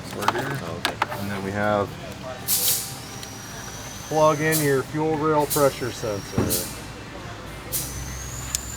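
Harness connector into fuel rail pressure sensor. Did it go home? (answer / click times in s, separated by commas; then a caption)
yes / 8.5 s. During water pump work on a 2013 Beetle, the wiring harness connector is pushed onto the fuel rail pressure sensor on the engine while someone talks. A single sharp snap at 8.6 s confirms the connector is seated.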